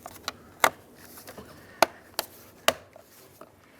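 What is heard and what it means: A plastic cover on the inner door of a 2002–06 Toyota Camry, reinstalled after replacing the exterior door handle, is lined up with the studs and pressed on by hand. It gives a series of sharp clicks at 0.3, 0.6, 1.8, 2.2 and 2.7 seconds, with faint rubbing between them. The cover snaps into place and is fully seated.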